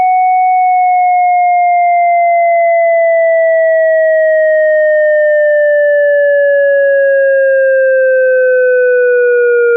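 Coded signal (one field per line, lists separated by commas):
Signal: siren signal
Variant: ASC siren controller synth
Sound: clean synthesized siren tone slowly sliding down in pitch with a slight pulsing warble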